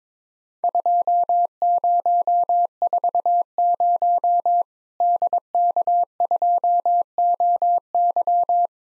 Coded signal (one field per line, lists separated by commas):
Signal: Morse code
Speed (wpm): 23 wpm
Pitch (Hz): 700 Hz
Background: none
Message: 2040 DK2OY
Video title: Worked All Europe DX Contest QTC Exchange 22wpm